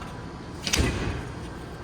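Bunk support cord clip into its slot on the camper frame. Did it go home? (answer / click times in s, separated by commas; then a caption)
yes / 0.7 s. A black nylon bunk support cord under the back bunk of a used 2016 Coachmen Clipper 806LS popup camper is lifted, pulled out and fastened, with its clip going into its slot on the camper frame. A sharp click-thud is heard at 0.7 s over a low background hum, followed by a short fading rumble. The clip seats and clicks into place.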